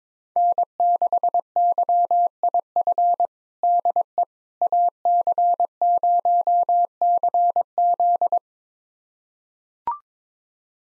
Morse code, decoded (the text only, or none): N6YIF DE AC0CZ